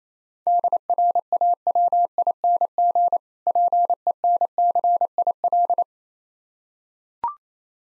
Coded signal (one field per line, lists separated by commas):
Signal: Morse code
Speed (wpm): 28 wpm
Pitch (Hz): 700 Hz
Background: none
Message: DRAWING PENCIL